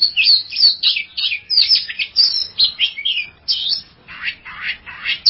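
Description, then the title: Oriental magpie-robin song: fast chattering string of high whistles and chirps, followed by a few broader, harsher notes near the end. Champion songbird. "Kicau Burung Kacer Juara"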